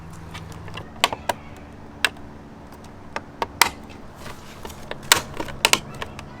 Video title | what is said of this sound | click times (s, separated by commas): BMW M2 Competition style Mirror Caps w/ Dynamic LED Turn Signals install (Big Difference!) | I'm gonna have it snap into place. | 1.0 s, 2.0 s, 3.6 s, 5.1 s